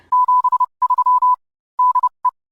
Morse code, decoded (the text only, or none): 73 DE